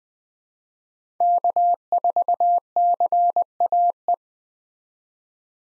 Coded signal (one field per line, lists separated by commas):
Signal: Morse code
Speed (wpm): 20 wpm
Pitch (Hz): 700 Hz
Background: none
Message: K4CAE